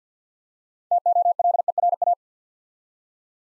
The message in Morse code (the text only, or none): TOLERA